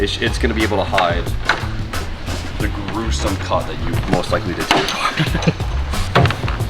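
A molded plastic dash cover is handled over the cut dashboard of an S13 car while someone talks over music, with brief plastic knocks and taps around 1.9 s and 6.3 to 6.5 s. The cover has not yet seated or clicked into place by the end of the clip.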